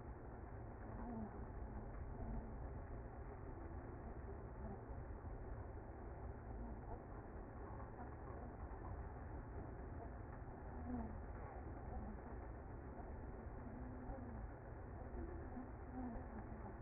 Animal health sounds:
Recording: honeybee colony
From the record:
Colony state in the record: active

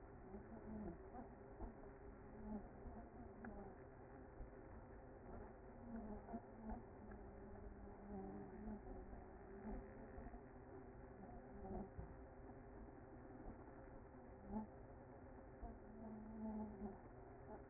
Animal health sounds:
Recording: honeybee colony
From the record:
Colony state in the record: active

